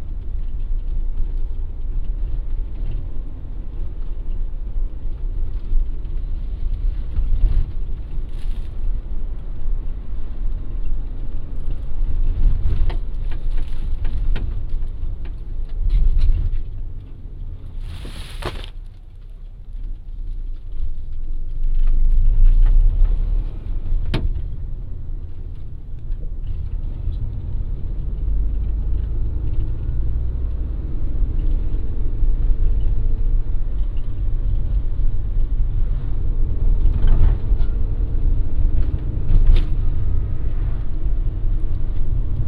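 A car on its way to a farm stand: a steady low engine rumble and road noise, with occasional clicks and a brief dip near eighteen seconds.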